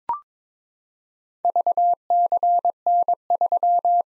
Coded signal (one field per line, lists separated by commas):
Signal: Morse code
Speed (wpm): 22 wpm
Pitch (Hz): 700 Hz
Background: none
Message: VCN3